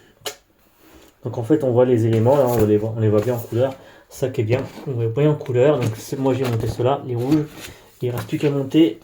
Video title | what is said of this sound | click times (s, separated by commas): J'ai fini de monter les supports de carrosserie | Et puis donc voilà, après ça se clipse. | 0.3 s